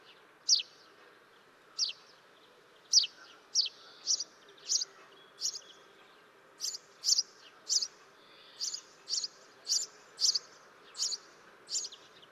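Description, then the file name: House sparrow chirping: brief, sharp notes that start spaced out and then speed up into a quicker, fairly even run of chirps, over soft background noise. "Passer domesticus"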